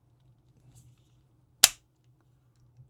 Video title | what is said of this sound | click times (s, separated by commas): HOLOSUN 407 COMP RED DOT OPTIC - CANIK RIVAL SFX | All right, let's listen for that click. | 1.6 s